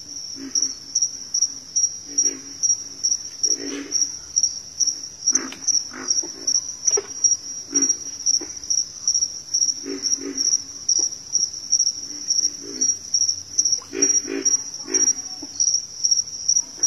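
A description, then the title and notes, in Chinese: Sounds of nature: a steady, high-pitched insect trill, like crickets, runs unbroken through the whole clip. Over it come short, irregular bursts of animal calls every second or so, some clustered around the middle and near the end, with a faint low rumble beneath. 大自然的声音。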